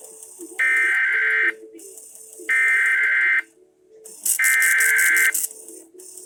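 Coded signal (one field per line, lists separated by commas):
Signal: Emergency Alert System (SAME) tones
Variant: header bursts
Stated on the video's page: EAS test tones from April 2023.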